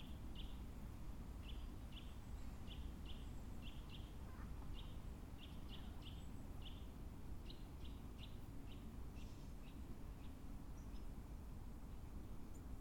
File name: Sitta europaea